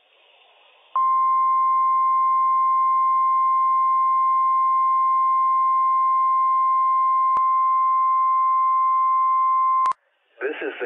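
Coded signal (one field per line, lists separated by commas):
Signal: Emergency Alert System (SAME) tones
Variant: 1050 Hz attention tone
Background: speech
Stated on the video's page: Required Weekly Test issued by the NWS on NOAA Weather Radio.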